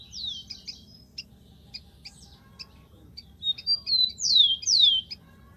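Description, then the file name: Rufous-collared sparrow song: a falling note and spaced chips, then a series of whistles that ends in two loud descending whistles. "canto do tico tico"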